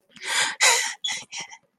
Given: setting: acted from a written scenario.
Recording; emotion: vocal sound without words; elation